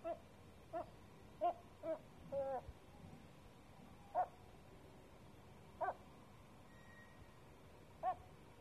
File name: Seagull on the roof 3 am Sète